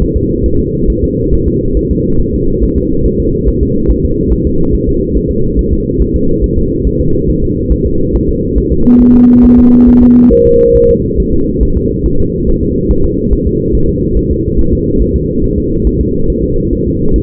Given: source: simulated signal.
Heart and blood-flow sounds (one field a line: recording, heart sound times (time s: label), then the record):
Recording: fetal heart sounds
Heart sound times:
0.02 s: S1
0.17 s: S2
0.46 s: S1
0.60 s: S2
0.90 s: S1
1.04 s: S2
1.34 s: S1
1.48 s: S2
1.77 s: S1
1.91 s: S2
2.21 s: S1
2.35 s: S2
2.64 s: S1
2.78 s: S2
3.06 s: S1
3.20 s: S2
3.48 s: S1
3.62 s: S2
3.91 s: S1
4.05 s: S2
4.33 s: S1
4.47 s: S2
4.75 s: S1
4.89 s: S2
5.17 s: S1
5.31 s: S2
5.59 s: S1
5.73 s: S2
6.02 s: S1
6.16 s: S2
6.44 s: S1
6.58 s: S2
6.87 s: S1
7.01 s: S2
7.30 s: S1
7.44 s: S2
7.72 s: S1
7.86 s: S2
8.15 s: S1
8.29 s: S2
8.58 s: S1
8.72 s: S2
9.02 s: S1
9.16 s: S2
9.45 s: S1
9.59 s: S2
9.89 s: S1
10.03 s: S2
10.33 s: S1
10.47 s: S2
10.76 s: S1
10.90 s: S2
11.20 s: S1
11.34 s: S2
11.63 s: S1
11.77 s: S2
12.06 s: S1
12.20 s: S2
12.49 s: S1
12.63 s: S2
12.91 s: S1
13.05 s: S2
13.33 s: S1
13.47 s: S2
13.75 s: S1
13.89 s: S2
14.17 s: S1
14.31 s: S2
14.59 s: S1
14.73 s: S2
15.02 s: S1
15.16 s: S2
15.44 s: S1
15.58 s: S2
15.87 s: S1
16.01 s: S2
16.30 s: S1
16.44 s: S2
16.73 s: S1
16.87 s: S2
17.16 s: S1
From the record:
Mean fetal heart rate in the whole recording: 140 bpm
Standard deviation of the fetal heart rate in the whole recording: 2 bpm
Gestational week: 34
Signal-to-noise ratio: -16.4 dB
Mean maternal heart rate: 72 bpm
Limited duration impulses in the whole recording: present